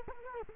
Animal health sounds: mosquito wingbeat signal from an infrared sensor; Culex quinquefasciatus

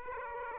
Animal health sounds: mosquito wingbeat signal from an infrared sensor; Aedes aegypti

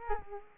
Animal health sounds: mosquito wingbeat signal from an infrared sensor; Culex quinquefasciatus

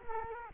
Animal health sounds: mosquito wingbeat signal from an infrared sensor; Culex quinquefasciatus

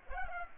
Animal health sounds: mosquito wingbeat signal from an infrared sensor; Culex pipiens

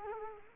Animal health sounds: mosquito wingbeat signal from an infrared sensor; Culex quinquefasciatus

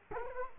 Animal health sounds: mosquito wingbeat signal from an infrared sensor; Culex quinquefasciatus

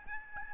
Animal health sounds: mosquito wingbeat signal from an infrared sensor; Aedes albopictus

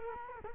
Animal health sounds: mosquito wingbeat signal from an infrared sensor; Culex quinquefasciatus

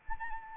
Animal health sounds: mosquito wingbeat signal from an infrared sensor; Anopheles arabiensis

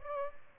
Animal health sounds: mosquito wingbeat signal from an infrared sensor; Aedes albopictus

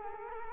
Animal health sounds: mosquito wingbeat signal from an infrared sensor; Culex quinquefasciatus

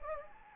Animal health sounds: mosquito wingbeat signal from an infrared sensor; Anopheles gambiae

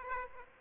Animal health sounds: mosquito wingbeat signal from an infrared sensor; Aedes aegypti

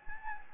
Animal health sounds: mosquito wingbeat signal from an infrared sensor; Anopheles gambiae

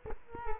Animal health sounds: mosquito wingbeat signal from an infrared sensor; Culex quinquefasciatus

